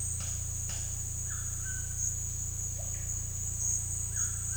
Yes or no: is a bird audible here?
yes